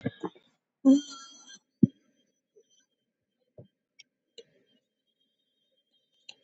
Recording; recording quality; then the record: sustained vowel as in boot; moderate, slight background noise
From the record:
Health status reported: COVID-19 positive, mild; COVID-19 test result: positive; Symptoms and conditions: cold, fever, muscle pain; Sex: female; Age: 19 years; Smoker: no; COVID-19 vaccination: one dose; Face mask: not worn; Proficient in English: yes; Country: India